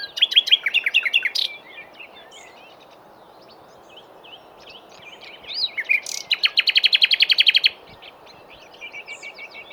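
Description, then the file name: Common nightingale song: fast runs of sharp repeated notes, a brief buzzy burst, then a long rapid series of loud identical chips, with quieter varied phrases between. "Luscinia megarhynchos"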